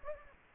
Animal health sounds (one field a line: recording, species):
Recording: mosquito wingbeat signal from an infrared sensor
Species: Anopheles gambiae